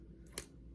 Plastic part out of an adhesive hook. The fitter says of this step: there we go hear that click that means I pulled something out gently